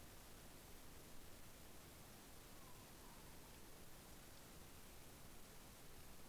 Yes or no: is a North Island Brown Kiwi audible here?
no